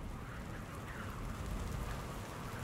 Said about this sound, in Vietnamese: Đêm về khuya, mưa như nặng hạt hơn, nghe rõ từng tiếng nước nhỏ tí tách chỗ cái mái tôn thủng nơi góc bếp.